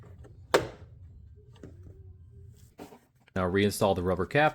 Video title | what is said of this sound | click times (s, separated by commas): VW Passat Marker Light Replacement | Once you get the bulb into place, you're going to turn it to the left. You should hear an audible click. | 0.5 s